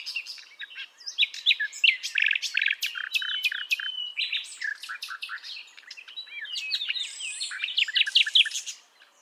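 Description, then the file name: Common nightingale song: a long run of sharp clicks, rattles and rapid repeated notes in changing phrases, fading out at the end. "Luscinia megarhynchos"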